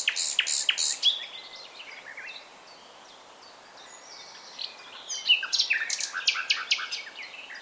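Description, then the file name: Common nightingale song: rapid loud pulsed notes at the start, a pause, then more fast pulsed phrases and whistles. "Luscinia megarhynchos"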